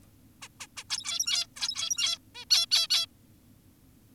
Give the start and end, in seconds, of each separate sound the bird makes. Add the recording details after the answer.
0.42-0.48, 0.60-0.67, 0.77-0.84, 0.90-1.47, 1.56-2.18, 2.35-2.45, 2.50-2.66, 2.71-2.88, 2.90-3.06. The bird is an adult. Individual g17y2U